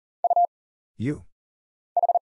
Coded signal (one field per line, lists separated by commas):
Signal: Morse code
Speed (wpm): 40 wpm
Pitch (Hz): 700 Hz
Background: none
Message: U H